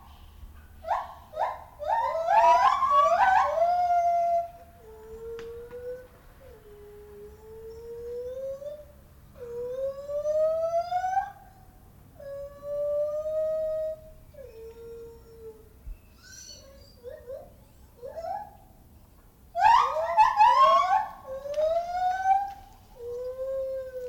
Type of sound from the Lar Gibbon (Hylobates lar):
call